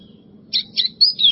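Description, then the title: White-throated seedeater song: four quick whistled slurred notes in under a second, after a brief quiet start with a low steady hum underneath. "Canto Do Golinha"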